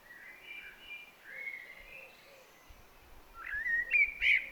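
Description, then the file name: Common blackbird song, soft fluting whistles near the start, then a louder burst of rising whistles and squeaky high notes at the end over steady background noise. "Turdus merula"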